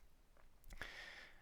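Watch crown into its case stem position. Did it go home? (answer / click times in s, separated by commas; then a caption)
yes / 0.7 s, 0.8 s. The pulled-out crown of a Christopher Ward C63 Sealander automatic wristwatch is pushed back into its case from the time-setting position, giving a faint tick at 0.7 s and a sharper, positive click at 0.8 s with a short bright tail after it. The crown seats, and the hacked movement restarts.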